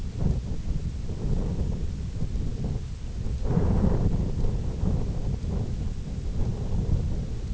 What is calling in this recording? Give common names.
none